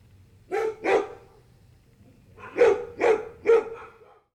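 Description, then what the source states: Dogs barking, two sharp barks followed after a pause by three more in quick succession. A group of dogs barking and howling together.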